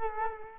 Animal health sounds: mosquito wingbeat signal from an infrared sensor; Culex quinquefasciatus

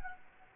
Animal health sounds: mosquito wingbeat signal from an infrared sensor; Anopheles gambiae

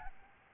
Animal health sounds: mosquito wingbeat signal from an infrared sensor; Aedes albopictus

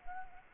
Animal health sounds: mosquito wingbeat signal from an infrared sensor; Anopheles arabiensis

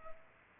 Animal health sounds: mosquito wingbeat signal from an infrared sensor; Culex pipiens

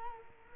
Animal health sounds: mosquito wingbeat signal from an infrared sensor; Culex quinquefasciatus

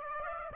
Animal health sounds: mosquito wingbeat signal from an infrared sensor; Aedes aegypti

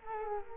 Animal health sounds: mosquito wingbeat signal from an infrared sensor; Culex quinquefasciatus

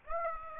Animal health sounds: mosquito wingbeat signal from an infrared sensor; Aedes aegypti

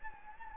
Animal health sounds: mosquito wingbeat signal from an infrared sensor; Anopheles gambiae

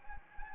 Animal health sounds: mosquito wingbeat signal from an infrared sensor; Anopheles gambiae

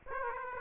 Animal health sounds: mosquito wingbeat signal from an infrared sensor; Aedes aegypti

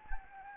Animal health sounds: mosquito wingbeat signal from an infrared sensor; Anopheles gambiae

